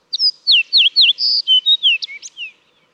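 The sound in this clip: Fox sparrow song, a rich run of bright slurred whistles, several sweeping downward, with a buzzy note midway and ending in quick falling slurs, about two and a half seconds long.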